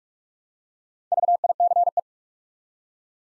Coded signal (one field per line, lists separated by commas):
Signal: Morse code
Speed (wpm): 44 wpm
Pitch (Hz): 700 Hz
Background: none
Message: VICE